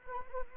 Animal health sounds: mosquito wingbeat signal from an infrared sensor; Anopheles arabiensis

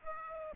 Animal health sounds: mosquito wingbeat signal from an infrared sensor; Aedes aegypti

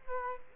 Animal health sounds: mosquito wingbeat signal from an infrared sensor; Culex quinquefasciatus

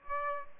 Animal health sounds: mosquito wingbeat signal from an infrared sensor; Aedes aegypti

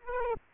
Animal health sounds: mosquito wingbeat signal from an infrared sensor; Aedes aegypti

